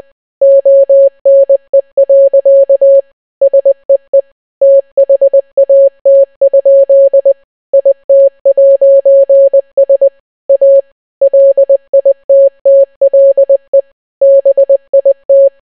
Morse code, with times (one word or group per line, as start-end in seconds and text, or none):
0.4-3.0 ONE.
3.4-4.2 SEE
4.6-7.3 THAT?
7.7-10.1 IT'S
10.5-10.8 A
11.2-13.8 LITTLE
14.2-15.5 BIT